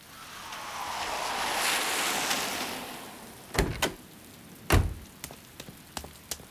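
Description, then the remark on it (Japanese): A steady hiss of falling rain on Sunday, May 15, swells and fades over a few seconds, followed by several sharp, loud drips or splashes striking a surface at irregular intervals. No voices. “5月15日日曜、雨のち曇りくま。”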